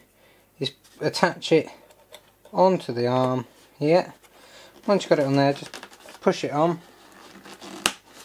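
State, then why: Seated. A plastic clevis on the long carbon elevator pushrod of an RC jet, a Freewing MiG-21, is pushed onto the servo arm while someone talks. A sharp click at 7.9 s marks the clevis snapping into place, and it is seated on the arm.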